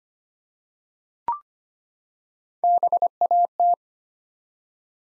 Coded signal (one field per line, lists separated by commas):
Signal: Morse code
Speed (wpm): 25 wpm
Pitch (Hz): 700 Hz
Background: none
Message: BAT